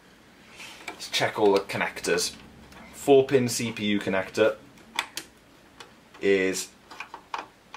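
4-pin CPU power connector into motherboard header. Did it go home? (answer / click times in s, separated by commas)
yes / 7.3 s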